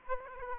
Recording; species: mosquito wingbeat signal from an infrared sensor; Aedes aegypti